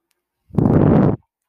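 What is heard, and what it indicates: A single low, rumbling whoosh lasting about 0.7 seconds: the airflow noise of a home mechanical ventilator.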